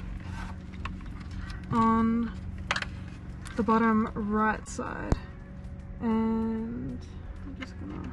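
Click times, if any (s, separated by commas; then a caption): none. A plastic wiring-harness connector is handled at a socket on the bottom right of the back of an aftermarket Extnix premium car head unit, part of a head unit upgrade on a Mitsubishi Pajero. Someone talks throughout, with a few brief plastic taps and handling sounds in the first few seconds. Nothing has seated or clicked yet.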